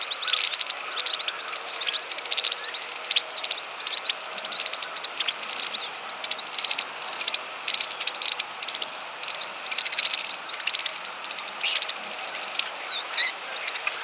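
Smith's longspur giving dry, clicking rattle calls, short bursts of ticks repeated constantly and overlapping throughout, over a steady hiss.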